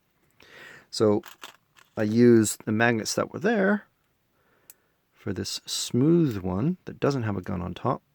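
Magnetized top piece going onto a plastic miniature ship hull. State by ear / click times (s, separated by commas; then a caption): not seated / none. Someone talks while handling a swappable plastic top piece, the smooth one without a gun on top, for a magnetized wargame miniature spaceship hull, bringing it toward its magnet. A brief faint tick is heard around 4.7 s between the speech, but nothing has seated or clicked into place yet.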